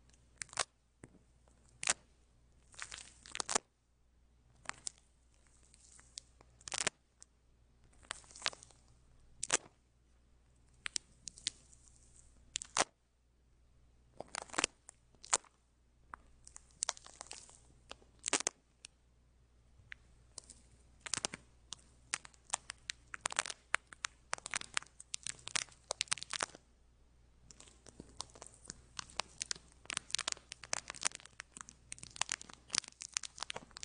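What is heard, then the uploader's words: Ear picking and clasping sounds: sharp, bright scratches and crackles come in irregular bursts, sometimes singly, sometimes in quick clusters. Quiet gaps separate them early on, and the scratching grows denser and more continuous after about twenty seconds over a faint low hum. Goldfinger picks the ears, clasps the ears, goes deep into the brain.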